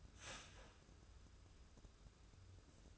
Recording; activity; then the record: daily activity, microphone in the room; start toaster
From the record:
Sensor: 2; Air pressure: 994.3 hPa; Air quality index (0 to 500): 203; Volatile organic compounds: 1000 ppm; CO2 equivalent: 6668 ppm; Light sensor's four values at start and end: 129/307/130/135 and 129/307/130/135